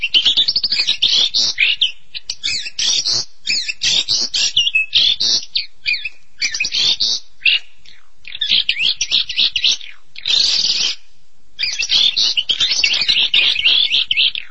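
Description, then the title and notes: Starling delivering phrases of fast chattering whistles and buzzes, broken by several short pauses, then resuming in dense bursts. "suara burung jalak"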